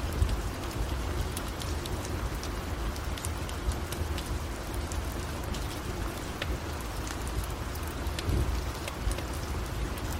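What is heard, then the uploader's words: Steady rain patters on a roof and windows, a dense, even wash with a strong low rumble underneath. Sharp little pops and ticks stand out every second or so, fairly close, like crackling fire. The level holds constant throughout, with no pauses. Rainy Night By The Fireplace. The warm crackle of a comforting fireplace on an ethereal rainy night. The pitter-patter of raindrops creating a gentle melody as they cascade upon the roof and dance upon the windowpanes. Its rhythmic patter mingling harmoniously with the crackle and pop of the fire.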